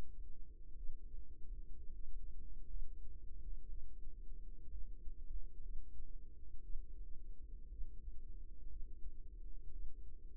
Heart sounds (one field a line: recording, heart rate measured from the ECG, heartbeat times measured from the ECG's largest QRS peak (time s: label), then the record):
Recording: heart sounds by microphone in the right ear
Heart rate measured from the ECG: 60 bpm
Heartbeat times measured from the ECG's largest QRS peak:
0.75 s: heartbeat
1.75 s: heartbeat
2.68 s: heartbeat
3.68 s: heartbeat
4.69 s: heartbeat
5.61 s: heartbeat
6.61 s: heartbeat
7.69 s: heartbeat
8.67 s: heartbeat
9.71 s: heartbeat
From the record:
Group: healthy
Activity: rest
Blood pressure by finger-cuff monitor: 87/56 mmHg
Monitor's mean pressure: 65 mmHg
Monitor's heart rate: 59 bpm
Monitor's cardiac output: 4.6 L/min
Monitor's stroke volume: 76 mL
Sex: female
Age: 36 years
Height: 163 cm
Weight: 88 kg